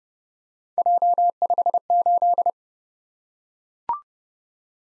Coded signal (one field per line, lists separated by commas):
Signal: Morse code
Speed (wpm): 30 wpm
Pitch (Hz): 700 Hz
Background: none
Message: J58